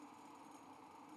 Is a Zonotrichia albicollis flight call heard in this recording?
no